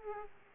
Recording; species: mosquito wingbeat signal from an infrared sensor; Aedes aegypti